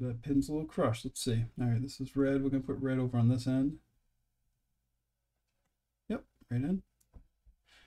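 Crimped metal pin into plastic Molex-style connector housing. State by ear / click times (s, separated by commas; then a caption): seated / 7.0 s. Someone talks as a freshly crimped metal pin for the red wire, a little crushed, is pushed into a plastic Molex-style connector housing for the Afterburner toolhead wiring of a Voron 2.4 3D printer. After a quiet stretch and more talking, a tiny click is heard at 7.0 s as the pin seats in the housing.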